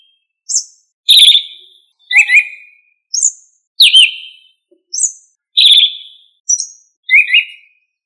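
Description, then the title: Thrush song of short fluted whistles that slide downward, alternating with thin high notes, delivered in brief varied phrases with gaps between, no other sounds. "Familia Turdidae - Sabia"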